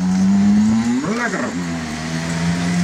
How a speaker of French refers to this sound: Domino's Pizza. Scooter électrique de Domino's Pizza aux Pays-Bas. Alors ça, c'est de la pollution sonore.